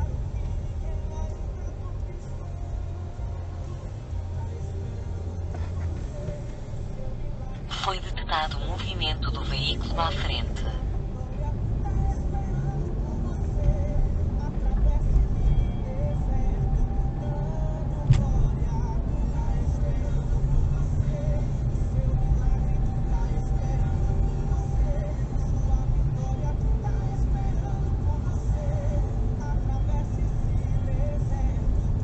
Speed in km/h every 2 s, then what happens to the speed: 3, 0, 0, 7, 15, 23, 27, 30, 34, 31, 30, 31, 31, 28, 28, 27.
1-5 standing. 5-15 pulls away to 34. 15-32 steady at about 30.